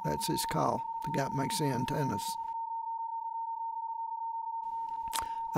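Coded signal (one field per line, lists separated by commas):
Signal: PSK31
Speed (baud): 31.25 baud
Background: speech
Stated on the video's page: PSK31 contact on 20 meters.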